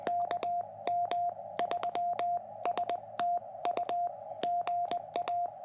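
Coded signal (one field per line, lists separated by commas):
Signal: Morse code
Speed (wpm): 20 wpm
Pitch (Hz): 700 Hz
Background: none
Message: KM3STU GA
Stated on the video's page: QRP POTA activation on a QRP Labs QMX high-band transceiver with a carbon fiber mast antenna.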